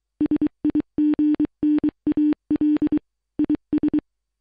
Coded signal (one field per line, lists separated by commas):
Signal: Morse code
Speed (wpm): 23 wpm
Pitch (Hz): 300 Hz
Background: none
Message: SIGNAL IS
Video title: 0ktober Sos SOUND Effect